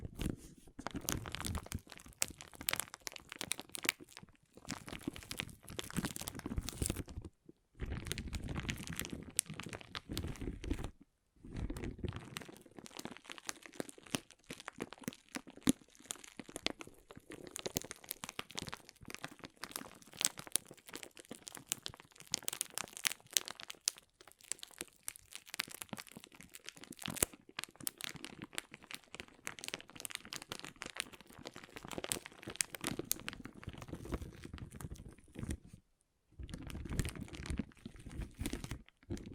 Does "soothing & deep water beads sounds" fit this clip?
yes